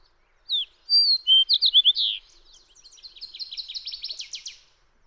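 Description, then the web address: Fox sparrow song of sweet, slurred whistles and short notes, then trailing into a softer, rapid trill of repeated notes. "birdsongforthecurious Fox Sparrow"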